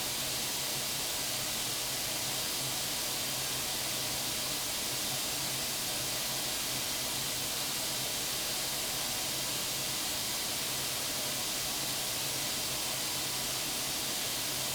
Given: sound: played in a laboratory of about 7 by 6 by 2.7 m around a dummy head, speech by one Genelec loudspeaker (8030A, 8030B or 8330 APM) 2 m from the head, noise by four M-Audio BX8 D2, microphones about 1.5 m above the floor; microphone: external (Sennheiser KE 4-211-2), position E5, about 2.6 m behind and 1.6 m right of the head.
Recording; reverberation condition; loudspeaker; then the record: white noise; medium; four, about 170 cm from the corners of the room and facing them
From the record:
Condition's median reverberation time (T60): about 510 ms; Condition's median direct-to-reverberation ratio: about -0.5 dB